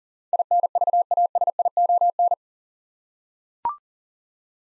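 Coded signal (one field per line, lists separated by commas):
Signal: Morse code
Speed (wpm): 40 wpm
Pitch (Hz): 700 Hz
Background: none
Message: INVASION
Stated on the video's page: Morse practice at 40 wpm sending 8-letter words for head-copy, each word sent twice with spoken prompts between.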